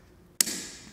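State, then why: Seated. A new governor pressure solenoid, its O-rings lubricated with transmission fluid, is pushed into its bracket and sensor housing on an automatic transmission solenoid assembly. A single sharp, loud click sounds at 0.4 s, followed by a bright ringing decay. The solenoid is seated in place.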